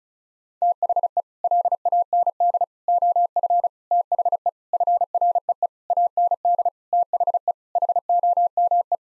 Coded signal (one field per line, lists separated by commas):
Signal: Morse code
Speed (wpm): 36 wpm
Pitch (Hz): 700 Hz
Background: none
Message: THE LAND OF THE FREE AND THE HOME